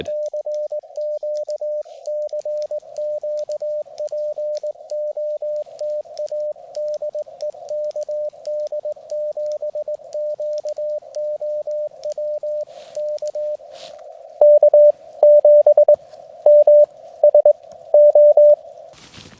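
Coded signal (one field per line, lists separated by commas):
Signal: Morse code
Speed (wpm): 18 wpm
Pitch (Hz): 600 Hz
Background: radio noise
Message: CQ CQ POTA DE KD7QOW K K7MSO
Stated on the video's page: CW park activation using a KX2 with AX1 whip and an FT-891 with ATAS-120a.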